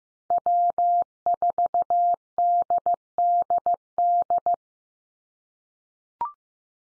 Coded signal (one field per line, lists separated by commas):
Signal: Morse code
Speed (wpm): 15 wpm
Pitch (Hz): 700 Hz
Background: none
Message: W4DDD